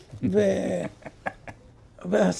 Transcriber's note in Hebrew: צחוק